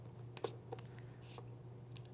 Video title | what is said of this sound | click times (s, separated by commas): Fuji Guys - FinePix S1 - Unboxing & Getting Started | So you click in place. | 0.4 s